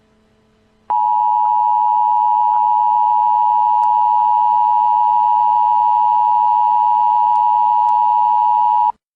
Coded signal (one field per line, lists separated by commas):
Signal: Emergency Alert System (SAME) tones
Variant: 853 and 960 Hz attention tone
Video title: The War of the Great Coalition [ EAS Scenario ]